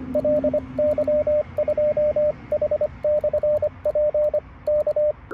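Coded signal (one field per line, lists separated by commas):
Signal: Morse code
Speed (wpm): 25 wpm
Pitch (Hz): 590 Hz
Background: radio noise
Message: LY2H/P K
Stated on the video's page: Portable HF operation with an Icom IC-705 at 10 W and a Buddistick antenna.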